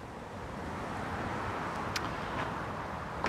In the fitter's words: that's locked into place there.